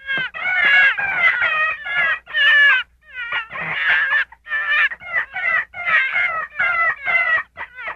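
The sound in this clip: Gray fox uttering a rapid string of harsh, warbling cries in clustered bursts, pitch wobbling up and down across eight seconds.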